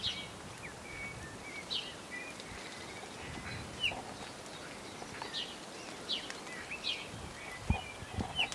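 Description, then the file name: Eurasian bullfinch giving several short, faint piping whistles at irregular intervals over a low noisy background. "Pyrrhula pyrrhula"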